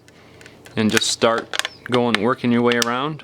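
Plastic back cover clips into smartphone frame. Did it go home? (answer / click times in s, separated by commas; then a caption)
no / none. The plastic back cover of an HTC Desire 610 smartphone is picked up and lined up at the top end of the phone's frame, ready to be pressed on. Only a few quiet handling ticks are heard in the first 0.7 seconds, then someone talks. Nothing has snapped or clicked into place yet.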